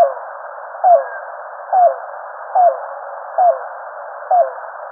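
Yellow-billed cuckoo giving a slow series of short, hollow, down-slurred notes, about one each second, over steady hiss.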